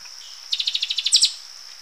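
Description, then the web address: Black-and-white seedeater: a quick run of several sharp chips that ends in two higher, brighter notes, over a steady high drone. Recorded in Ecuador. "Birds of Ecuador. Black-and-white Seedeater"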